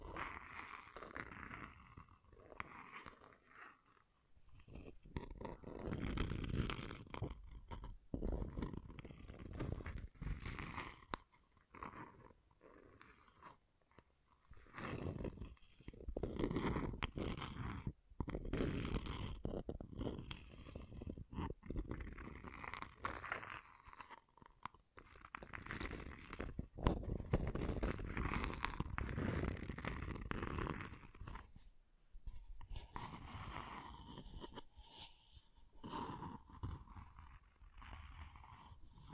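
Rough, gritty scratching and tracing strokes run almost continuously for forty seconds, swelling and fading in bursts with only brief pauses between.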